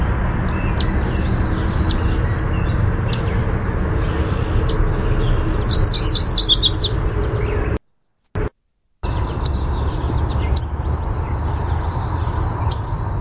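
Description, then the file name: Yellow warbler: sharp high chips scattered through, a quick burst of bright notes near six seconds, a brief silent gap, over a steady low rumble. Chip and song. "YWAR chip song"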